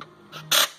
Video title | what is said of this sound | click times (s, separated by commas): F550 6.8 V10 FINALLY FIXED! | oh right there oh right there that was perfect you guys hear that click off like that | 0.5 s